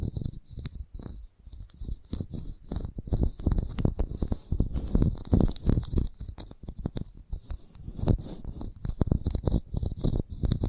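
Chalk tapped and scraped in a busy, uneven run of short knocks, several per second, with no real pauses across the whole clip. The hits are dull and low, each trailed by a thin, gritty scratch, and the loudness keeps bouncing up and down.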